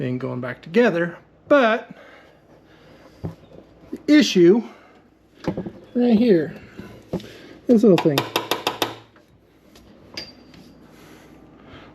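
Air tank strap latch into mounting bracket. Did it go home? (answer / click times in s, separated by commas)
no / none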